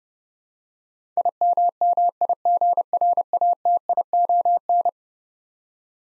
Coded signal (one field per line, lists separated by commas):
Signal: Morse code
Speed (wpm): 30 wpm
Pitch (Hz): 700 Hz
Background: none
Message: IMMIGRATION